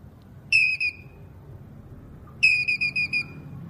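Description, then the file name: Squirrel giving a short burst of sharp high chips, then about two seconds later a longer run of six ringing chips, against a soft low background hum. Male squirrel calling. "Tieng soc duc keu"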